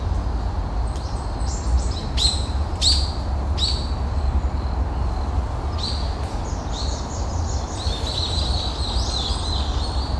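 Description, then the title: Japanese tit song: sharp, high ringing notes in short repeated bursts, then a busier twittering stretch, over a steady low background rush. Recorded on a morning walk in a park. "公園の朝散歩より. シジュウカラ"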